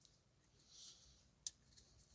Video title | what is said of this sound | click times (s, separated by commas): 2010 Toyota Corolla 1.8 - ABS Wiring Harness (Right Rear) Replacement | Make sure you listen for the audible click. | 1.5 s